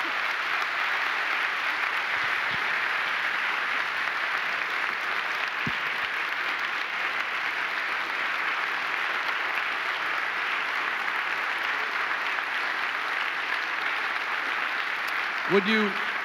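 An audience applauds in a dense, steady wash of clapping that holds at an even loudness for about sixteen seconds, with no talking over it.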